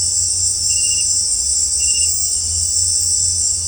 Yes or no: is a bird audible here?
no